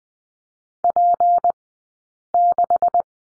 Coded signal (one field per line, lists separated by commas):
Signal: Morse code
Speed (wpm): 20 wpm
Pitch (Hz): 700 Hz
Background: none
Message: P6